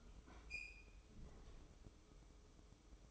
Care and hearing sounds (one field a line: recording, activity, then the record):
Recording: daily activity, microphone in the room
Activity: open fridge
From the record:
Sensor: 1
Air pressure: 995.3 hPa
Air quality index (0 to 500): 25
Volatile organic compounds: 0 ppm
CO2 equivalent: 500 ppm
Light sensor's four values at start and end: 19/62/23/25 and 19/62/23/25